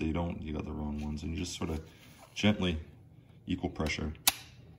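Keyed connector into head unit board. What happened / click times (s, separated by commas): The connector is being lined up and pressed, but a sharp tick near the end could be mistaken for seating / none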